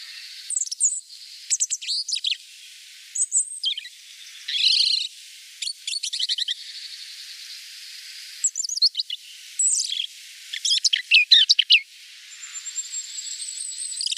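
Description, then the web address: European robin singing a string of varied high phrases, jingling trills and thin drawn-out whistles, delivered in bursts with short gaps, one rising whistle near the end. "Schulze Peter European Robin song"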